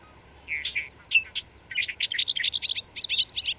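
Bird song: a rapid, varied phrase of high chirps and trills, with a thin whistled slur near its start, lasting about three seconds.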